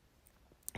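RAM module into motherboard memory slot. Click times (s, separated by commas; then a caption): 0.7 s. A RAM module is pressed with both hands and equal force into a motherboard DIMM memory slot, with faint low rustling beforehand. A sharp click at 0.7 s marks the retention clip snapping over the module, followed by a fuller thud. The stick is seated and held in place.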